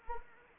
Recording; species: mosquito wingbeat signal from an infrared sensor; Anopheles arabiensis